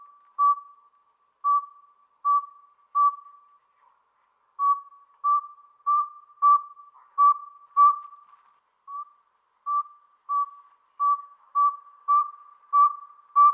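Northern saw-whet owl repeating even, mellow whistled toots at a single pitch, about one or two per second, with a brief break early in the series.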